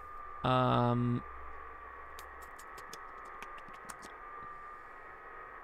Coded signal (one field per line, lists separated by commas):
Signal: FT8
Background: speech